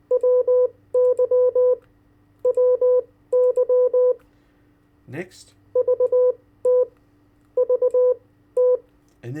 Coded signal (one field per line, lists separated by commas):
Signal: Morse code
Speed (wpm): 20 wpm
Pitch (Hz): 500 Hz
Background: speech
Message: WY WY VT VT